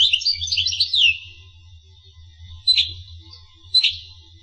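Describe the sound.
Finch song: a quick high twitter, then two separate sharp chirps about a second apart, with a faint low hum behind.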